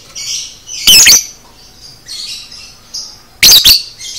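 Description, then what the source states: Lovebird: shrill doubled squawks at the start and end, with softer buzzy twittering phrases between them. Lovebird, described as "paud"; a "masteran" recording used to train cage birds.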